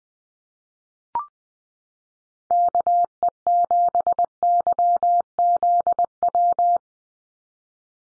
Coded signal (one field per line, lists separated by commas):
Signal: Morse code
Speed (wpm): 20 wpm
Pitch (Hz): 700 Hz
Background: none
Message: KE7YZW